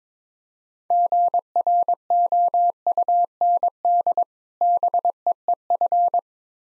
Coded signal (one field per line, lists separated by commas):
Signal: Morse code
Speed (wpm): 22 wpm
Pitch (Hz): 700 Hz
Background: none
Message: GROUND BEEF